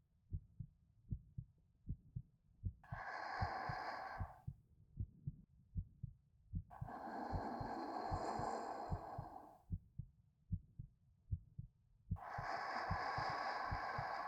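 Steady, soft low thumps in paired lub-dub beats at roughly 90 a minute, with three slow, airy breaths layered over them. The heartbeat is regular and ordinary, heard close up as part of a roleplay.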